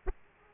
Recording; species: mosquito wingbeat signal from an infrared sensor; Aedes aegypti